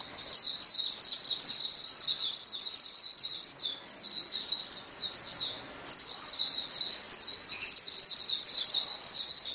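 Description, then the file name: White-eye chorus of fast, high-pitched twittering notes tumbling over one another in long bursts, with a few short gaps between phrases. A chorus of many white-eyes singing together. "paduan suara pleci"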